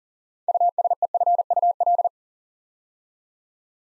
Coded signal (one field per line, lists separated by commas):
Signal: Morse code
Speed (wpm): 38 wpm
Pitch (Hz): 700 Hz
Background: none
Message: USEFUL